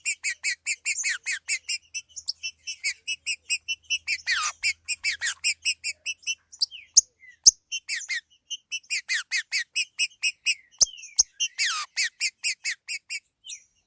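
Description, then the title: Green-winged saltator singing a fast run of short, bright notes with harmonics, several notes a second, in bursts separated by brief pauses and a few sharp clicks. "Trinca Ferro"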